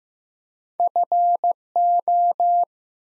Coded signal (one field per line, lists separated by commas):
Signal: Morse code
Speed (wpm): 15 wpm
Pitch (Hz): 700 Hz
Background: none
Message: FO